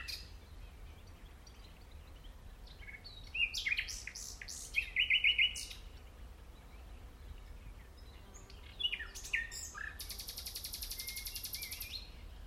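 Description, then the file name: Common nightingale song: short varied phrases with sharp rapid notes, a pause, then a long, even, buzzy high trill near the end. "Luscinia megarhynchos"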